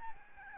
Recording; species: mosquito wingbeat signal from an infrared sensor; Aedes albopictus